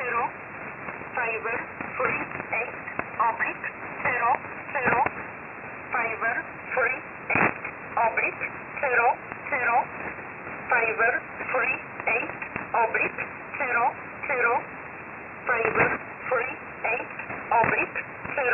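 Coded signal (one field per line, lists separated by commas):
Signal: numbers station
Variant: E11 Oblique, English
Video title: 14 06 2021 Number station E11 Oblique in English to Eu 0900 on 7449 unknown tx site in USB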